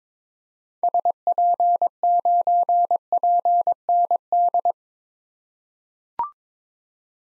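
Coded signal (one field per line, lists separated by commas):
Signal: Morse code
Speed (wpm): 22 wpm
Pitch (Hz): 700 Hz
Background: none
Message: SP9PND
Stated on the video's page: Morse drill of common SOTA activator call signs at 22 wpm for head-copy practice.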